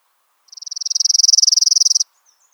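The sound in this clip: Palm warbler song: a single high, buzzy trill of rapid repeated notes lasting about one and a half seconds, swelling in loudness, then stopping abruptly.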